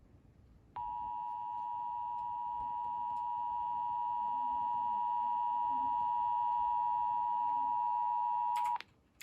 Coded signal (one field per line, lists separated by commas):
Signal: Emergency Alert System (SAME) tones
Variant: 853 and 960 Hz attention tone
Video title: California Fire Warning (EAS# 110)